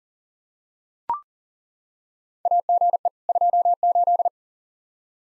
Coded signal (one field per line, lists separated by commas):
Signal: Morse code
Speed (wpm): 40 wpm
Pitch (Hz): 700 Hz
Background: none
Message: AGE 28